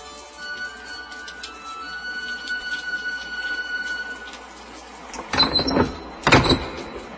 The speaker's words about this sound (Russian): Итак, Эмиль запер на защелку дверь курятника, потом тоже на защелку хлев и по рассеянности, а может быть от избытка усердия, задвинул задвижку на двери домика Трисы.